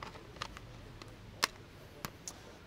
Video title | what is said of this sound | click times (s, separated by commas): Grease Gun - Quick Commentary | snaps into place loaded | 1.4 s